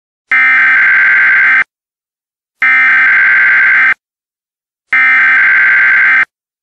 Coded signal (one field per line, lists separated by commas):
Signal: Emergency Alert System (SAME) tones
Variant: header bursts